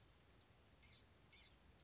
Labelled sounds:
Blue-gray Gnatcatcher
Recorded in Sonoma County, California

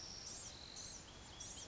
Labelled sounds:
Blue-gray Gnatcatcher
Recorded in Sonoma County, California

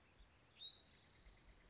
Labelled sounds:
Spotted Towhee
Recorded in Sonoma County, California

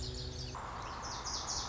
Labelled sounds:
Lazuli Bunting
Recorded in Sonoma County, California

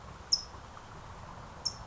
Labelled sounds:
California Towhee
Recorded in Sonoma County, California

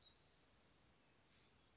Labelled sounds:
Spotted Towhee
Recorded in Sonoma County, California

